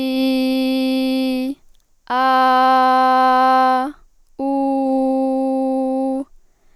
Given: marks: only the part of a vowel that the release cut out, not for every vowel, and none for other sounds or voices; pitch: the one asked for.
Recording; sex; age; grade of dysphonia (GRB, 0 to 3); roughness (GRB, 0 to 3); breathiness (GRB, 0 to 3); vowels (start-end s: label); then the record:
sustained vowels; female; 18 to 19 years; 0; 0; 0
0.00-1.11 s: vowel /i/, normal pitch
2.35-3.64 s: vowel /a/, normal pitch
4.62-5.93 s: vowel /u/, normal pitch
From the record:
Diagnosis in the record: healthy voice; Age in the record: 19 years